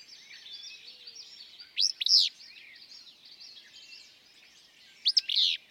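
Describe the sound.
Willow flycatcher singing two crisp, buzzy two-syllable phrases about three seconds apart, against a continuous background of other songbirds.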